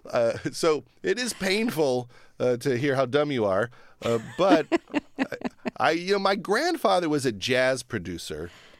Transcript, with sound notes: So it is painful to hear how dumb you are.
(Laughter).
But, I - you know, my grandfather was a jazz producer.